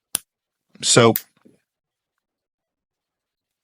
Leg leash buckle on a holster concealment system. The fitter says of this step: There is a nice positive click into place.